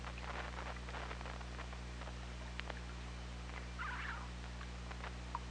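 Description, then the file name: Killer whale underwater calls: a burst of pulsed, buzzy sound near four seconds among scattered clicks, over a steady low hum. Hydrophone recording from OrcaLab, 24 August 2017, 21:20:30. "Orca Lab 20170824 212030"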